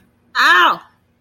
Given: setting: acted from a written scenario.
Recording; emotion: vocal sound without words; pain